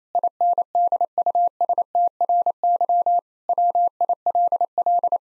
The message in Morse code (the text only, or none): INDUSTRY WILL